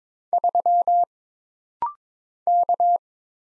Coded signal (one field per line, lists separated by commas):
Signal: Morse code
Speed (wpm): 23 wpm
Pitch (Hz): 700 Hz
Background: none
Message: 3 K